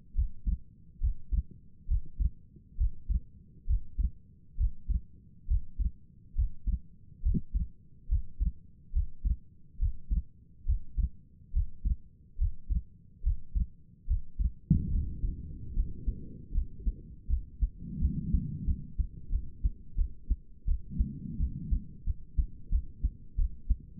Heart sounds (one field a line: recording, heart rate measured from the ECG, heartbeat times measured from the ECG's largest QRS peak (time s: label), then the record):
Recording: heart sounds by stethoscope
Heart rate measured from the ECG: 75 bpm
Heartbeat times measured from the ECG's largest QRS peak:
0.15 s: heartbeat
1.00 s: heartbeat
1.87 s: heartbeat
2.77 s: heartbeat
3.66 s: heartbeat
4.57 s: heartbeat
5.47 s: heartbeat
6.35 s: heartbeat
7.22 s: heartbeat
8.08 s: heartbeat
8.92 s: heartbeat
9.78 s: heartbeat
10.65 s: heartbeat
11.52 s: heartbeat
12.37 s: heartbeat
13.23 s: heartbeat
14.07 s: heartbeat
14.91 s: heartbeat
15.73 s: heartbeat
16.52 s: heartbeat
17.27 s: heartbeat
17.99 s: heartbeat
18.65 s: heartbeat
19.30 s: heartbeat
19.96 s: heartbeat
20.66 s: heartbeat
21.38 s: heartbeat
22.05 s: heartbeat
22.70 s: heartbeat
23.37 s: heartbeat
From the record:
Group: healthy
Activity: breath hold 0-16 s, rest 16-24 s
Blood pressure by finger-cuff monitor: 91/56 mmHg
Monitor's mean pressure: 67 mmHg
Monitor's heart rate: 71 bpm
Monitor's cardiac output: 5.6 L/min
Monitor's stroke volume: 79 mL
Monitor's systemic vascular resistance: 850 dyn s/cm5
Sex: female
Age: 22 years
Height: 163 cm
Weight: 67.1 kg